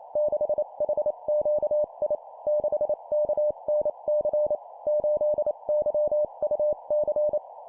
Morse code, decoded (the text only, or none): 6HQI 6KNC 8YUC